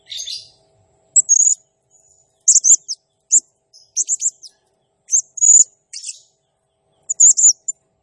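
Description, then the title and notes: Blue-crowned hanging parrot calls, shrill high buzzy notes and short sharp chips given in irregular bursts with brief pauses between them. Serindit in gacor (actively singing) condition, 'nembak' song style, used as a masteran training sound and lure for serindit birds, said to excite all birds. "Burung Serindit Nembak Gacor Bikin Emosi Semua Burung. Suara Nasteran Dan Pemikat Burung Serinditan Gacor"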